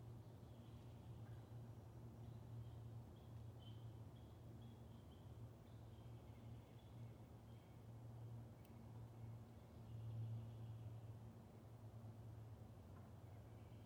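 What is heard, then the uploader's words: A steady low rumble, likely a passing train, runs through the whole recording and swells slightly around ten seconds. Faint, high peeping calls from spring peepers come and go in the background, with a single sharp click near eight and a half seconds. Recorded in West Kingstown, Rhode Island on Liberty Road near the Great Swamp. Peepers and all the other critters came out. Peepers, Woodcocks & Trains.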